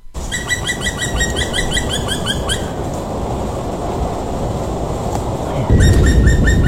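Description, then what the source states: Black Woodpecker song: a fast, evenly spaced series of ringing, slightly rising notes that stops, then starts again near the end over a steady low rumble. Song, played on the radio; largest European woodpecker; sedentary; needs many large old trees in its territory.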